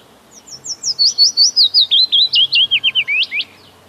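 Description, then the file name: Willow warbler song, a liquid cascade of quick whistled notes sliding downward and ending in a few rising flourishes, with quiet low background noise. "Piecuszek"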